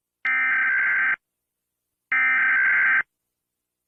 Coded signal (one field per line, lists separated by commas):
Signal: Emergency Alert System (SAME) tones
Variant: header bursts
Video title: Gatitos reaccionan a EAS del mundo|| Alarmas del mundo con gatitos de fondo Parte 8 🐈